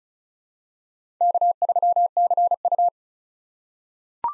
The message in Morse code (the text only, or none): K3CU